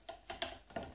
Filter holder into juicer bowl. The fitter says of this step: ici je le fais tourner jusqu'à ce que j'ai un petit clic